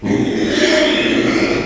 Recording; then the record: squeal of a Yucatan mini pig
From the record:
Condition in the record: after surgery on the right vocal fold (resection and tissue-engineered implant); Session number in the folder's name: 2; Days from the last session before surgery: 13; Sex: male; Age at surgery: 12 weeks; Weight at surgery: 13 kg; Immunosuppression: cyclosporine, prednisolone